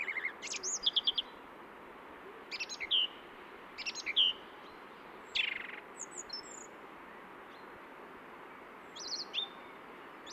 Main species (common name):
Song Thrush